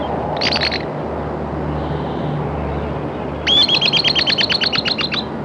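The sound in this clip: Bird with a short burst of notes, then after a pause a longer fast trill of repeated sharp notes, all over a steady low drone.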